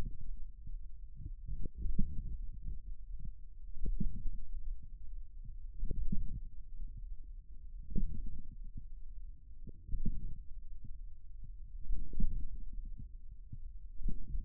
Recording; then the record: forearm muscle sounds (acoustic myography)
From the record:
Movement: wrist extension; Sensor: system 1, eight BSWA MPA416 microphones around the upper forearm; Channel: 8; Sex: male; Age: 41 years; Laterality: right